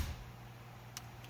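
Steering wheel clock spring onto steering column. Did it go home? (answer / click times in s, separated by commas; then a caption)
yes / 1.0 s. A replacement clock spring, the plastic airbag spiral cable housing, for a 2012 Hyundai Accent with SRS airbag code B1481, is slid over the steering shaft and pressed onto the steering column. A sharp click at 0.97 s shows it snapping into place, followed by a fainter tick at about 1.2 s over a low steady hum. The clock spring is seated.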